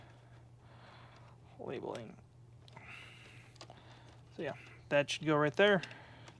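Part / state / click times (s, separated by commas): wire lead connector onto vacuum motor terminal / not seated / none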